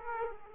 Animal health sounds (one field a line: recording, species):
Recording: mosquito wingbeat signal from an infrared sensor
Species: Aedes aegypti